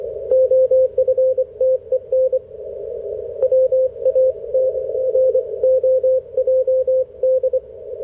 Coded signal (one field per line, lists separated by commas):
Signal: Morse code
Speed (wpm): 26 wpm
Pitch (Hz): 520 Hz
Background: radio noise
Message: OFTEN WAT ROJD